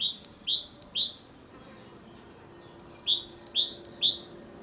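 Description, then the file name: Great tit song of sharp high-low note pairs in two short runs, with a pause of over a second between them. Territorial song. "canto territoriale cinciallegra parus major great tit carbonero comun"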